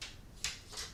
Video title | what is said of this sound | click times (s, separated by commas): Parksabers ESB Graflex Review | you hear it click right there | 0.4 s